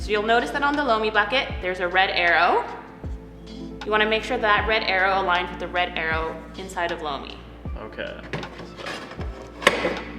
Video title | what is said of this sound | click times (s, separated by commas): Welcome to Lomi - A complete guide to using your Lomi | perfect just like that exactly the bucket should click right into place | 9.7 s